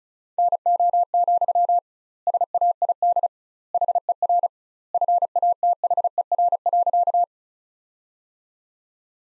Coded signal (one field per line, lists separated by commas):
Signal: Morse code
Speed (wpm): 36 wpm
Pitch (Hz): 700 Hz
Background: none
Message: NO, SAID HER FATHER.